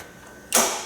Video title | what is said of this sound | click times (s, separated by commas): ATI Nomad Break Open Fix | locks in place it pulls back far enough now then it will open up so | 0.5 s